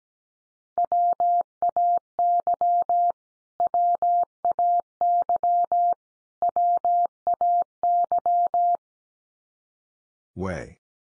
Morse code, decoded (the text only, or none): WAY WAY WAY